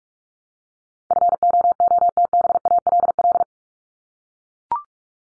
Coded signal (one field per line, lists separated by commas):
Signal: Morse code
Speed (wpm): 44 wpm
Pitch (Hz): 700 Hz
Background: none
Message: FOOTBALL